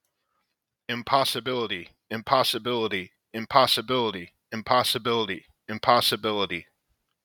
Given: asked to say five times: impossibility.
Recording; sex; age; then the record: repeated word; male; 40 to 49 years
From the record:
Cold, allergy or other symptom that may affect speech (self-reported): no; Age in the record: 43 years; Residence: Virginia, United States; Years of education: 17